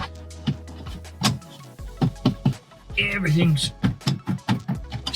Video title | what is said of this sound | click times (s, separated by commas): Clean Ham Radio Setup in a Truck! | Everything's snapped back in. | 4.1 s, 4.5 s, 5.1 s